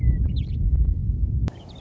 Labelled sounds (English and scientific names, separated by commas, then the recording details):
Western Meadowlark (Sturnella neglecta)
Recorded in Sonoma County, California